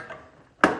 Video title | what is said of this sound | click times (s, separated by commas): Door removal LG LMV1762ST microwave oven LMV1762 LMV 1762 | and you can kind of hear it popping. | 0.6 s